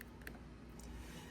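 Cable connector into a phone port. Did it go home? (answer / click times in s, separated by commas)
yes / 0.0 s, 0.3 s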